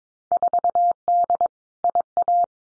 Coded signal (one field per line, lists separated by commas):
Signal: Morse code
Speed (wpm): 22 wpm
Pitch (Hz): 700 Hz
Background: none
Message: 4D IA